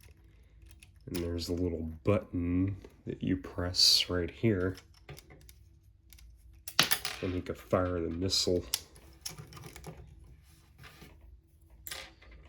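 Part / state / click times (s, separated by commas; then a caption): rotating plastic seat in toy car / seated / 11.9 s. Someone talks while handling a Hasbro 2009 Transformers Revenge of the Fallen Human Alliance Bumblebee toy car, with scattered small plastic clicks and taps between the words. The plastic seat on the toy car is rotated and gives a small sharp click at 11.9 s as it locks into position.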